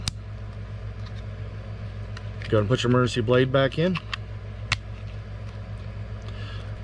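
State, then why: Seated. After a CR2450 battery is fitted, the two plastic halves of a 2023 Ram 1500 4-button smart remote key fob are squeezed together and snap shut with a sharp click at 0.1 s. A steady low hum continues underneath, and someone talks from about 2.5 to 4 s, leaving the fob case seated.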